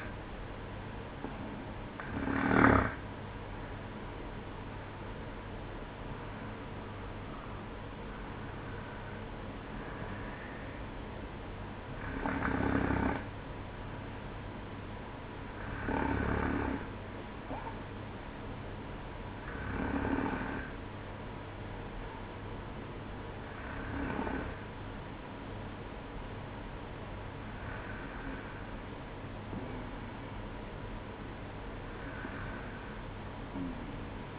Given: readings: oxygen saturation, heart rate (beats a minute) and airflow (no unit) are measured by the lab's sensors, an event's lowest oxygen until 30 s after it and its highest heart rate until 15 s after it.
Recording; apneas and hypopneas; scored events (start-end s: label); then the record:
breathing in sleep by a voice recorder at the bedside; none
12.00-34.39 s: new sleep stage, N1 (lightest sleep)
From the record:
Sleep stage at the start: N2 (light sleep); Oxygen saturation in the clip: 92 to 95%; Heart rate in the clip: 58 to 64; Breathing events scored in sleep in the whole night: 305 in 9.6 hours asleep